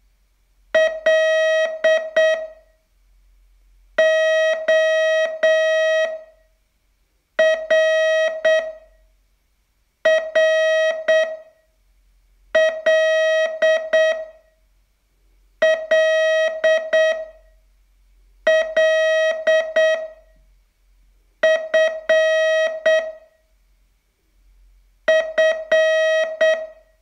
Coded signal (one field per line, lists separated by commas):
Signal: Morse code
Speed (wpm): 8 wpm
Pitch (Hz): 640 Hz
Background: music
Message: L OR RL LL F F